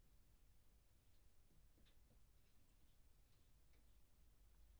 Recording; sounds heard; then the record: poultry house recording; no chicken sound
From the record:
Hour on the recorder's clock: 0